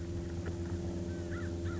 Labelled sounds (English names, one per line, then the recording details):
American Crow
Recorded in Sonoma County, California